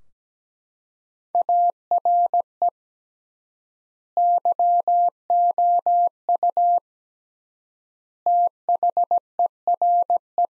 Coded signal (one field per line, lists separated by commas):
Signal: Morse code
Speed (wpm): 17 wpm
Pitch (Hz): 700 Hz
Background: none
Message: ARE YOU THERE